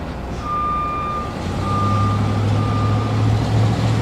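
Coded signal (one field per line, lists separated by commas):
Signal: alarm pattern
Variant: truck reversing alarm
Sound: about three repeating mid-pitched beeps over loud rumbling truck engine noise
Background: truck engine rumble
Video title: Reverse Truck Beeping Ambience Sound Effect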